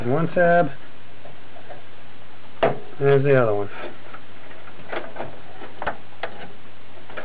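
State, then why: Partly seated. A RAM module is pressed into a motherboard DIMM slot in a Dell E510 while someone talks, with its end tabs pushed in and clicking at about 5.8 s and 6.2 s. Despite the clicks, the module is not fully seated.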